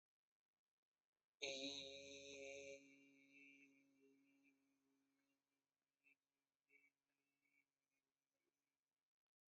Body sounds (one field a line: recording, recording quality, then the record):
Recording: sustained vowel as in beet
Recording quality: excellent, no background noise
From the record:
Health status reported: healthy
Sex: male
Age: 22 years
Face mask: not worn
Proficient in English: yes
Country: India